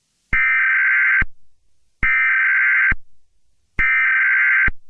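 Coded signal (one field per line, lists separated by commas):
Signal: Emergency Alert System (SAME) tones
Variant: header bursts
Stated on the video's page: Simulated EAS mock of a double test error; tone not for on-air use.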